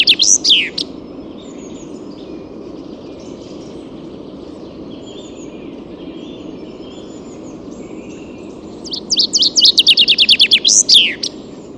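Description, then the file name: Common chaffinch song: the tail of one phrase at the start, then after a long pause a full phrase of rapid repeated notes ending in a sharp flourish, over steady background hiss. "Fringilla coelebs"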